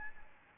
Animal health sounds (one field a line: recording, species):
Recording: mosquito wingbeat signal from an infrared sensor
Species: Aedes albopictus